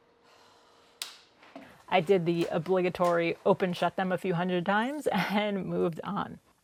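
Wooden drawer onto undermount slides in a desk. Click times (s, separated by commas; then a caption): 1.0 s. A wooden drawer for a child's desk is pushed onto its undermount drawer slides, the first time this hardware has been installed, and it clicks into place and locks at 1.0 s with a sharp snap. Someone talks for most of the clip after the click.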